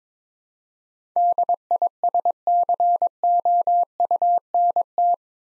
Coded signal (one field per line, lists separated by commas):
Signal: Morse code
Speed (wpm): 22 wpm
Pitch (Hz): 700 Hz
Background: none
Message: DISCOUNT